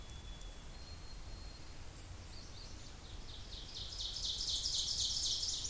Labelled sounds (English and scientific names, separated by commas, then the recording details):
Ovenbird (Seiurus aurocapilla) song
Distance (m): 35 m
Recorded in boreal forest in Alberta, Canada, on 26 May 2016 at 07:50
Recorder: SongMeter 3, array SBT-3-15
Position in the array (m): 56 m, 220 m
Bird 20